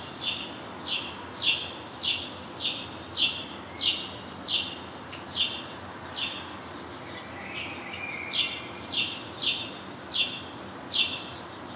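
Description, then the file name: House sparrow giving a quick series of chirps, with a brief pause about two-thirds of the way through. "Passer domesticus"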